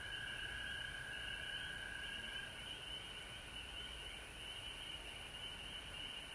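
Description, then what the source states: Frogs calling in chorus, fast overlapping high trills forming an even, continuous drone. Frogs recorded at home in Georgia on March 19, 2020.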